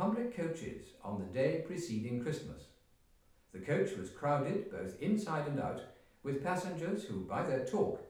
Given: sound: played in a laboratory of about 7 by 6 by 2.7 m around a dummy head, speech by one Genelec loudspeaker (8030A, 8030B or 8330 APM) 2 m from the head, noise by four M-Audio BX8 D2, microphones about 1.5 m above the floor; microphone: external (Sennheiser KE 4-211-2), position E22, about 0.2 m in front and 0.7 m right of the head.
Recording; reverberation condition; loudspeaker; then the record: male speech in English; medium; 90 degrees to the left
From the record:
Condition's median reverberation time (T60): about 510 ms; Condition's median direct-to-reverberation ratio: about -0.5 dB